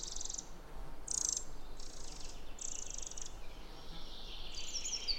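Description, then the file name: Eurasian wren with short, high buzzy trill bursts separated by brief pauses, against steady background noise. "Troglodytes troglodytes"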